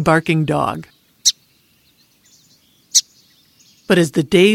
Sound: Song Sparrow’s call

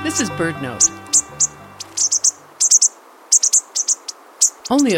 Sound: bushtit calls, as from a flock

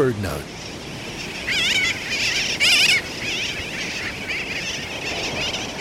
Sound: Waves and the calls of Sooty Terns – V.W. Ward

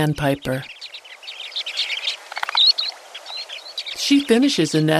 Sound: Chattering sound of Western Sandpiper flock

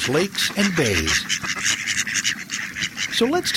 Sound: Muttering of Mallards

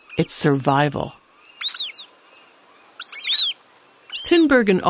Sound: begging calls of young gulls

